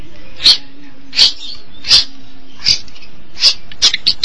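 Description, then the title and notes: Long-tailed Shrike giving harsh rasping notes spaced about every three-quarters of a second, ending in a quicker cluster. Recorded March 2017. "Pentet 201703. Suara burung pentet"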